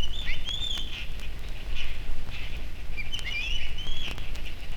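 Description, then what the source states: Black-naped oriole song: whistled phrases with gliding notes, two main phrases a few seconds apart over low background rumble. Sikhote-Alin, Russian Far East; lives near a lake where the forest is open and bright.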